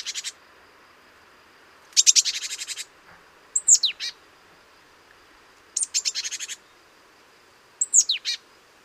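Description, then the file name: Great tit giving harsh, buzzy churring rattles in several bursts, mixed with sharp, high, downslurred notes. Background otherwise quiet. "Parus major"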